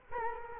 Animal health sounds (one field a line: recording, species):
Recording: mosquito wingbeat signal from an infrared sensor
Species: Culex quinquefasciatus